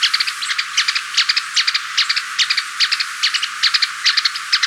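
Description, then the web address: Crowned Chat-Tyrant calls: thin, high, sharp notes given in quick clusters of two or three, repeated steadily throughout over a faint hiss. Ecuador. "Birds of Ecuador 3-11 Crowned Chat-Tyrant"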